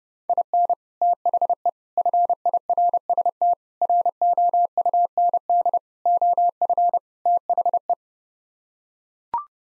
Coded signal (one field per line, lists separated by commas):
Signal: Morse code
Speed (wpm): 30 wpm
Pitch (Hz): 700 Hz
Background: none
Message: IN THE FIRST ROUND OF THE